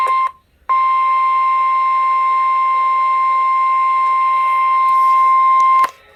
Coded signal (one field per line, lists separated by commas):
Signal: Emergency Alert System (SAME) tones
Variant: 1050 Hz attention tone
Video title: AM/FM Severe Thunderstorm Warning For My County (EAS #19)